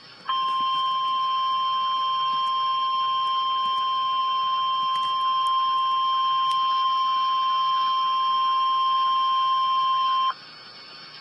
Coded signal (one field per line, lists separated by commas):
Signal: Emergency Alert System (SAME) tones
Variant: 1050 Hz attention tone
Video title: REAL EAS 628-Severe thunderstorm warning